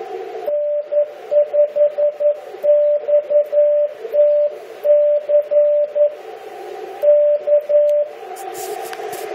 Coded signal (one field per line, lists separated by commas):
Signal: Morse code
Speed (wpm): 11 wpm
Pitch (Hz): 590 Hz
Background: radio noise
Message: N5XTC K